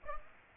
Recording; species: mosquito wingbeat signal from an infrared sensor; Aedes aegypti